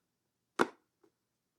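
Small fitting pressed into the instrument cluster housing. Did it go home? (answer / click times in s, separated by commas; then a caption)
yes / 0.6 s. During reassembly of an R107 classic car's instrument cluster, a small fitting is pressed into the cluster housing. It gives one sharp, bright snap at 0.6 s, followed by a faint soft tick near 1.0 s. The fitting is seated, snapped into place.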